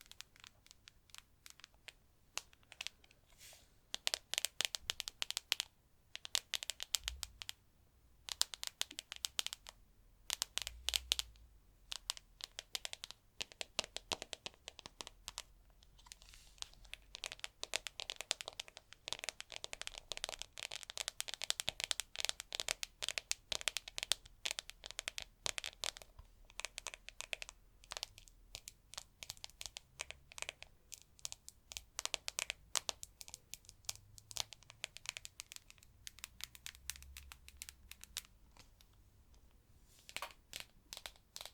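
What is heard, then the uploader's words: Tapping in rapid, dense runs of sharp, bright clicks that start after a quiet opening few seconds and carry on almost constantly, with brief pauses near 8, 15 and 38 seconds. The texture is crackly, like crinkling. Occasional soft low thumps sit underneath. ASMR Tapping To Help You Sleep (No Talking).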